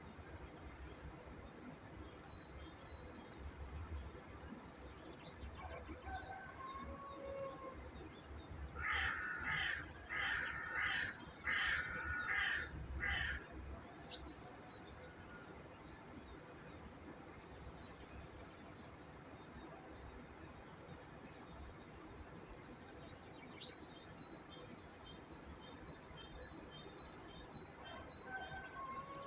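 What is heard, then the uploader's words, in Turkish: Birds call over a steady low rumble, with a burst of loud, repeated harsh caws around ten to thirteen seconds and softer chirps later. Kuş Sesleri.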